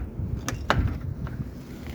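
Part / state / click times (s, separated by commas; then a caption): door latch into its catch on a door frame / not seated / none. A door is pushed shut on its frame, likely a small animal enclosure door, while its latch is worked toward the catch, giving knocking and clattering hits with sharp knocks at about 0.5 and 0.7 seconds. The latch fails to lock, and nothing has seated or clicked yet.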